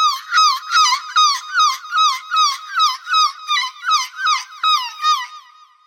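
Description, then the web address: Gull calls, a rapid series of nasal, wavering squeals repeated about two or three times a second, with bright overtones and no other sounds. "seagulls"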